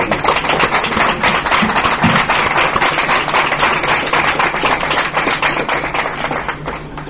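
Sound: applause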